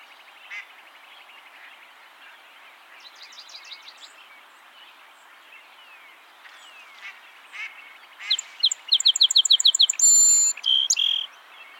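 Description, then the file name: Song sparrow song late, sharp repeated notes leading to a loud buzz and trill, after a stretch of busy background chattering. "Melospiza melodia - Song Sparrow"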